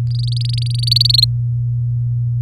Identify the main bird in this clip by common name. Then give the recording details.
Domestic Canary. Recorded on 3 May 2018 at 18:17. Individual llb16